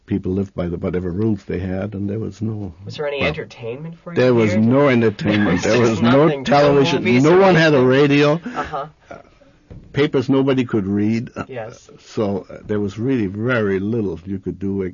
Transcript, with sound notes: people lived by whatever rules they had and there was no problems.
Was there any entertainment for you here?
There was not entertainment. (they laugh) There was no television, no one had a radio, papers nobody could read, so there was really very little for you to do.